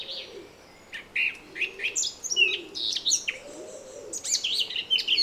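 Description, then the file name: Eurasian blackcap song of short scratchy and fluty notes after a quiet start, with faint low cooing beneath. "Sylvia atricapilla"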